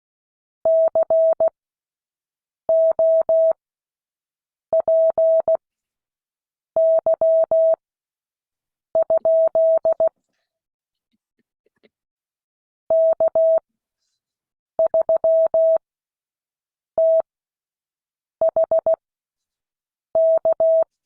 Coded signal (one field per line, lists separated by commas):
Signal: Morse code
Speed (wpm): 16 wpm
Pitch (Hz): 650 Hz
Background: none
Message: COPY? K3THK